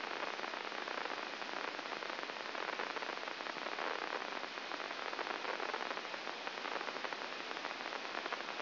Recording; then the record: brain microelectrode recording played as sound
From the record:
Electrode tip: inside the subthalamic nucleus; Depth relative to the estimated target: 0 mm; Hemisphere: right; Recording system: AlphaMap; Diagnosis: Parkinson's disease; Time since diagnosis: 15 years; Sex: female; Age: 68 years